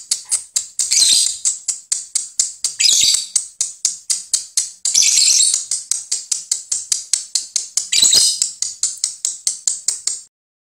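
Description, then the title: Lovebird chattering song: rapid high-pitched chirps repeated several times a second, swelling into dense shrill bursts about every two to three seconds, with no other sounds. Training (masteran) audio for lovebirds, meant to teach them the long continuous ngekek trill; lovebird called labet. "Kicau Lovebird Terapi Masteran LABET Agar Labet Cepet NGEKEK PANJANG"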